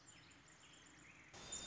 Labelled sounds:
Pacific Wren (Troglodytes pacificus)

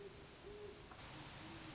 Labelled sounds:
Great Horned Owl (Bubo virginianus)

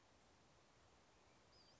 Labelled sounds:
Western Flycatcher (Empidonax difficilis)

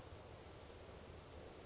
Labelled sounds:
Oak Titmouse (Baeolophus inornatus)

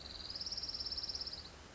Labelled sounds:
Orange-crowned Warbler (Leiothlypis celata)

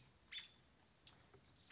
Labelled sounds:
American Robin (Turdus migratorius)

